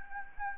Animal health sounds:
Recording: mosquito wingbeat signal from an infrared sensor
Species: Anopheles gambiae

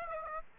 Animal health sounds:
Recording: mosquito wingbeat signal from an infrared sensor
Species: Aedes aegypti

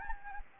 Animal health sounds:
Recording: mosquito wingbeat signal from an infrared sensor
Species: Anopheles gambiae

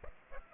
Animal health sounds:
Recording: mosquito wingbeat signal from an infrared sensor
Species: Aedes aegypti

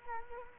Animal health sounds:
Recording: mosquito wingbeat signal from an infrared sensor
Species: Culex quinquefasciatus

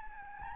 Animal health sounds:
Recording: mosquito wingbeat signal from an infrared sensor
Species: Aedes albopictus

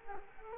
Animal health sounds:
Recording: mosquito wingbeat signal from an infrared sensor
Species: Culex quinquefasciatus

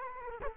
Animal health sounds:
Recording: mosquito wingbeat signal from an infrared sensor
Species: Culex quinquefasciatus

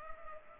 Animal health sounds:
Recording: mosquito wingbeat signal from an infrared sensor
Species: Culex pipiens

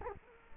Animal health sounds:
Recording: mosquito wingbeat signal from an infrared sensor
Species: Culex quinquefasciatus

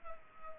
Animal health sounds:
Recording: mosquito wingbeat signal from an infrared sensor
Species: Culex pipiens

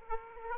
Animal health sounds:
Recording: mosquito wingbeat signal from an infrared sensor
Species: Aedes aegypti

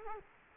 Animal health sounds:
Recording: mosquito wingbeat signal from an infrared sensor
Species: Culex quinquefasciatus

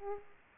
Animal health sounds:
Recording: mosquito wingbeat signal from an infrared sensor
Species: Aedes aegypti

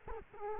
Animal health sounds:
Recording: mosquito wingbeat signal from an infrared sensor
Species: Culex quinquefasciatus

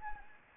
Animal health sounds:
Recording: mosquito wingbeat signal from an infrared sensor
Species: Anopheles gambiae

